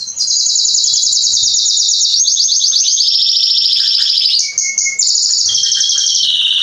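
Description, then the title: Canary song, long rapid trills that step down in pitch between phrases, with a short steady whistled note in the second half, sung without a break. Male Belgian canary singing a lot, used to warm up young canaries; named Canário Pastinha. "Esquente Seu Filhote E Canario Belga Em 30 Minutos Macho Cantando Muito. Esquente seu canrio belga em 30 minutos - Canrio Pastinha cantando"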